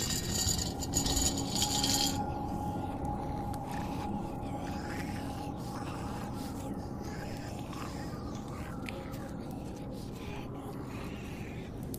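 Zombie apocalypse ambience: a constant low rumbling drone with wet scraping, chewing noises and a steady tone, with a brighter crackling burst in the first two seconds.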